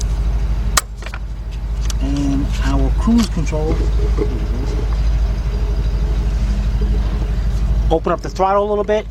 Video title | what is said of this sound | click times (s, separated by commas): Lincoln LS Heater Control Valve Replacement | just snaps into place and our | 0.8 s